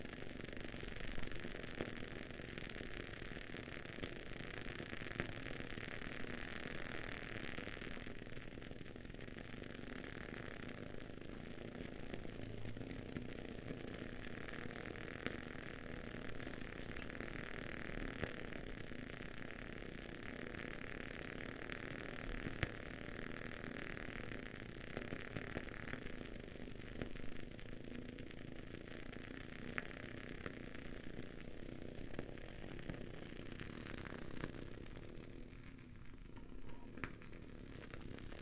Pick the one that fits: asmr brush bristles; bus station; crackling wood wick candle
crackling wood wick candle